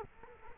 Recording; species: mosquito wingbeat signal from an infrared sensor; Culex quinquefasciatus